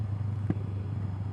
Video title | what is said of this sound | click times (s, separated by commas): What Do I Like Better? Shoei RF1200 or Shoei Hornet X2 Thoughts | Mine locks. There you go. See that little click right here? | 0.5 s